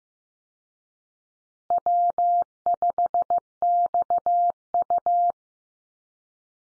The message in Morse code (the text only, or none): W5XU